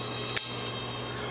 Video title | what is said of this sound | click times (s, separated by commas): Fog Light Install 2013- 2015 Honda Accord | the plug you connect it make sure it clicks | 0.4 s